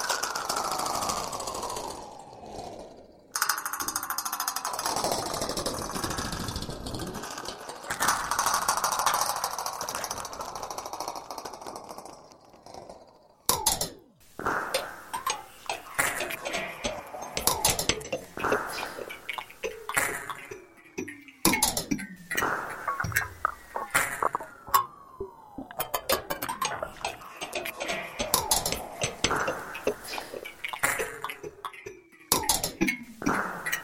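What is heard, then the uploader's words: Contact-miked outdoor metal rings with long sweeping tones that glide down and up, like resonating wire fences or gates. The first half holds sustained, sliding drones; after about fourteen seconds, sharp taps and clanks break in repeatedly, each followed by short falling whines. An example of sounds recorded using a contact microphone, in this case attached to outdoor metal 'furniture' such as wire fences, field gates, signage, etc, subsequently mixed & edited using Audacity. Contact microphones produce a unique sound quality &, of course, eliminate any extraneous noise.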